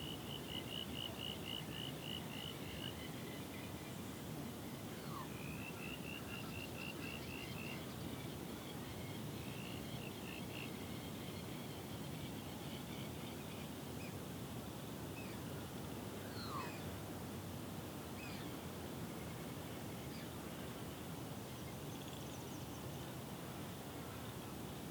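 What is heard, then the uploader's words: Dusk chorus at a swamp, set over a steady, dense hiss and rumble that never lets up. High, rapid trills come in bursts through the first ten seconds. Short sliding chirps and calls are scattered throughout, clustering around six and sixteen seconds. The dusk chorus at our local swamp on Phillip Island. Starts with the last birds of the day before the frogs start up for the night. You can hear the waves crashing on the surf beach not too far away. Recorded in Spring 2021.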